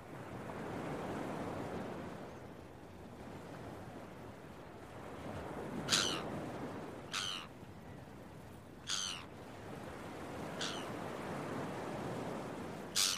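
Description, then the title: Gull calls, five brief harsh notes scattered through the second half, with steady surf swelling and fading. Early morning on a beach with waves. "Early Morning Seagulls and Beach Waves"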